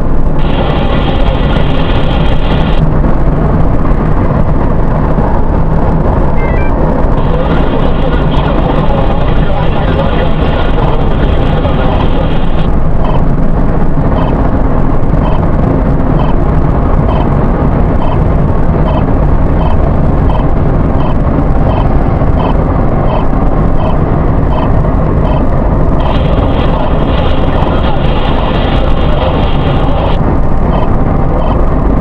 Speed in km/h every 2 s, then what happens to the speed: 90, 90, 90, 88, 87, 87, 85, 85, 85, 83, 81, 79, 79, 79, 79, 81.
0-32 slows to 81.